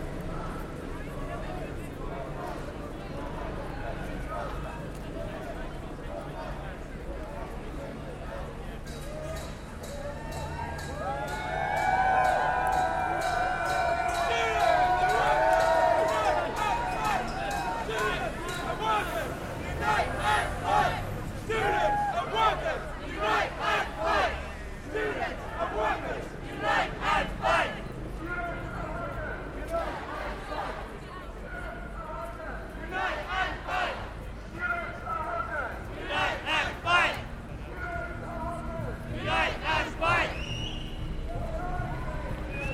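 A student demonstration against cuts, with a crowd murmuring and talking throughout. Around 11 to 17 seconds voices rise, with calls and shouts over the babble. From about 20 seconds on, sharp claps and bangs recur irregularly over the steady crowd noise.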